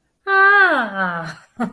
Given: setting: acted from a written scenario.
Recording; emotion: vocal sound without words; realization